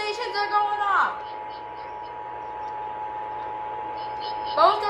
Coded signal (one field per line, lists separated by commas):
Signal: Emergency Alert System (SAME) tones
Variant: 853 and 960 Hz attention tone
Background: speech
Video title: Tennessee Required Monthly Test on WLAC-AM and WSM-AM (EAS #383-#384)